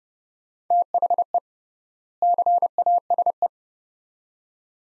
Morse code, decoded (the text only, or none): THE CASE